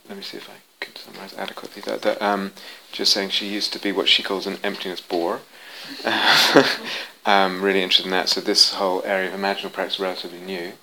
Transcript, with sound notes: Let me see if I can summarize that adequately. Jill's saying she used to be what she calls an emptiness bore. [laughter] And really interested in that. So this whole area of imaginal practice is relatively new.